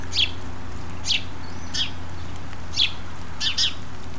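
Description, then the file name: House sparrow chirps: about six short, sharp notes at irregular intervals over a constant low rumbling hum. "Passer domesticus"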